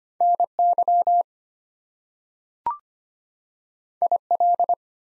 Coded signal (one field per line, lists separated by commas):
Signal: Morse code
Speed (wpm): 25 wpm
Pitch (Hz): 700 Hz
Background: none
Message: NY IL